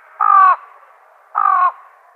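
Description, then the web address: Fan-tailed raven giving two harmonic caws about a second apart over a low steady hiss. "Schulze Peter Fan-tailed Raven"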